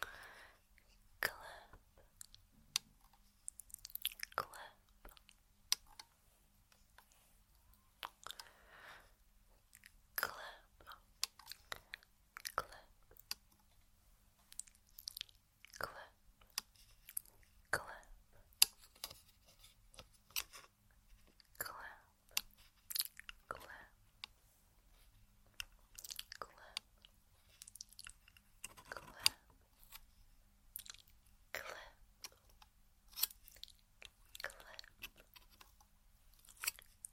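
Mouth sounds: wet clicks, smacks and chewing noises come in short irregular bursts throughout, several every second with brief pauses between. The sounds are bright and crisp, over a quiet low hum that runs steadily underneath.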